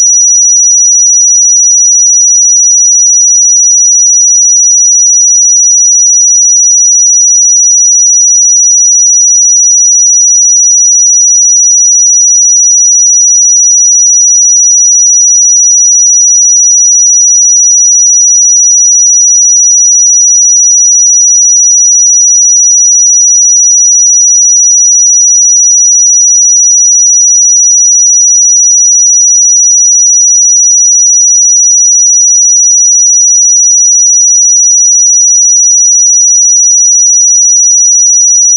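A pure sine tone at 5843 Hz holds perfectly steady for the full thirty-nine seconds. It is a single thin, bright, high whistle with no wavering, breaks or other sounds, and the loudness stays constant from start to finish.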